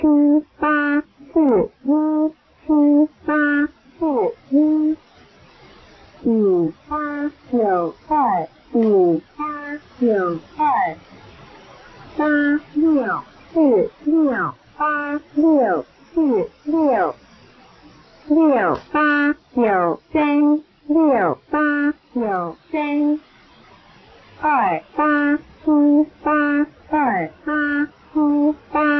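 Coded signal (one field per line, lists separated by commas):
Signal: numbers station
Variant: V13, Chinese female voice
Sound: a voice reading short evenly spaced Chinese number syllables in steady rhythm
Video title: [SW] 13974 kHz - V13 Xing Xing Guangbo Diantai numbers station 🇹🇼 - Chinese numbers, Dec 8 2022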